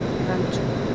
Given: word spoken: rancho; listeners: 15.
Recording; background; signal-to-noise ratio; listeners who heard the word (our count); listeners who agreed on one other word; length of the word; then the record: one Spanish word in noise, from a listening test; speech-shaped noise; -6.1 dB; 4 of 15; 6 of 15; 0.55 s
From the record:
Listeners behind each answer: 6, 4, 3, 1, 1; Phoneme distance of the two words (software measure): 10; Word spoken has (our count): 2 syllables, 5 phonemes, stress on syllable 1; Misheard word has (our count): 2 syllables, 5 phonemes, stress on syllable 1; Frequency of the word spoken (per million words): 7.65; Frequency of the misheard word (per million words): 4.01